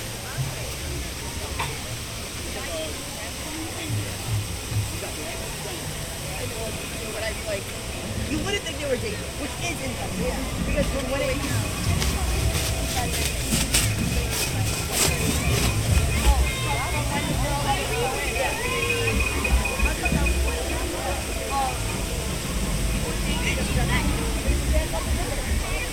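A walk through Animal Kingdom park at Walt Disney World, with a dense, steady crowd murmur of voices and occasional sharp clicks around midway.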